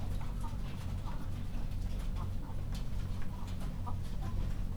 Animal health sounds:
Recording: poultry house recording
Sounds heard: sick chickens (respiratory disease)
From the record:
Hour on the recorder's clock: 22

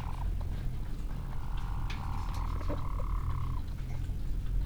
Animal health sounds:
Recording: poultry house recording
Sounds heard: sick chickens (respiratory disease)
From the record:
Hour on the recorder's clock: 15

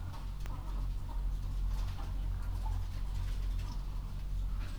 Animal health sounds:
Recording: poultry house recording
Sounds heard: healthy chickens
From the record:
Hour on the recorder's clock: 21

